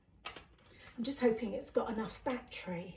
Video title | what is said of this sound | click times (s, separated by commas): 8 in 1 Cleaner Review #cleaning #review | and then this will click into the end of here | 0.3 s